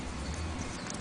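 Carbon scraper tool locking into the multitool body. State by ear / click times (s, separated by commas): seated / 0.9 s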